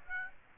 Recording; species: mosquito wingbeat signal from an infrared sensor; Aedes aegypti